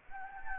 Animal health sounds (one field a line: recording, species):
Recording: mosquito wingbeat signal from an infrared sensor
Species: Anopheles gambiae